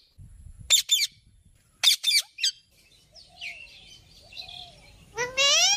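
Bird calls: harsh, raspy double bursts, then thinner notes and a final ringing harmonic call, with a faint low rumble underneath.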